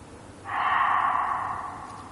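Reeves's muntjac giving a single drawn-out, raspy bark that fades gradually, with faint background hiss.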